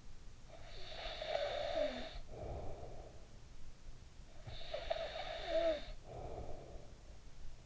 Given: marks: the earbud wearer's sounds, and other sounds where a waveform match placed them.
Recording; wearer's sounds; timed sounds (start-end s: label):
sounds in sleep by an in-ear microphone; snoring breath
0.31-4.17 s: snoring breath
4.27-7.66 s: snoring breath